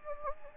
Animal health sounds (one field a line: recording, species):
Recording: mosquito wingbeat signal from an infrared sensor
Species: Anopheles gambiae